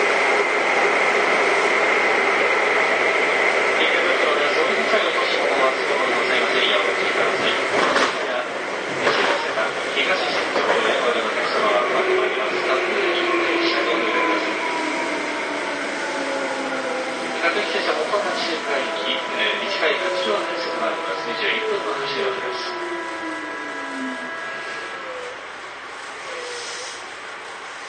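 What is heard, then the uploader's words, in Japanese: Recorded aboard a moving train, the motor whines loudly in steady, layered tones that later bend downward together as the train slows near the end. Rattling wheel and car noise runs throughout, with scattered clicks and knocks, and faint voices underneath. 東武9000系 小竹向原ー日吉。東京メトロ副都心線→東急東横線の区間で録音。急行運用のため、モーター音が激しいです。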